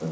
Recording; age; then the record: pig call; piglet (1 to 25 days)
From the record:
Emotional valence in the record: positive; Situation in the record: huddling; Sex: female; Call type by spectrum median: low-frequency call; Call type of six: low-frequency stable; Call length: 0.13 s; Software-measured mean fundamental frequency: 57 Hz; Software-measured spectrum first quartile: 180 Hz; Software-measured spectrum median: 321 Hz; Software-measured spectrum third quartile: 675 Hz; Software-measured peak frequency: 165 Hz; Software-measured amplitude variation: 60 dB a second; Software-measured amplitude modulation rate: 11.9 a second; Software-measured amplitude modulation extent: 5.0 dB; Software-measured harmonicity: 3.6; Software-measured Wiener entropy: -0.54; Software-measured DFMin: 1014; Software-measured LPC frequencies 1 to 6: 463, 1308, 2276, 3048, 3831, 4665 Hz